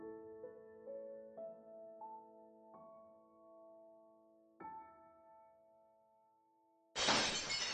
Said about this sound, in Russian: За занавеской в зале раздался звон битой посуды.